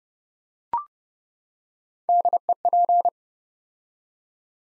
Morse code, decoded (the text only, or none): DEP